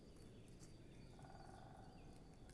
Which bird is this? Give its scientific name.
Dendrocopos major